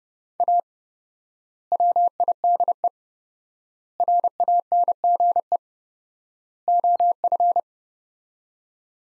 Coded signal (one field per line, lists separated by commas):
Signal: Morse code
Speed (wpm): 30 wpm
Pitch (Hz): 700 Hz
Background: none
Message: A WIDE RANGE OF